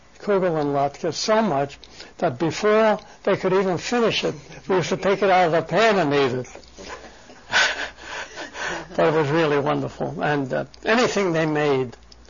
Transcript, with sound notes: kugel and lotkas so much that before they could even finish it we used to take it out of the pan and eat it. (he laughs) That was really wonderful. And anything they made